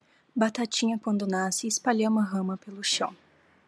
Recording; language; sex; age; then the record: short text; Brazilian Portuguese; female; 18 to 19 years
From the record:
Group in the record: control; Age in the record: 18 years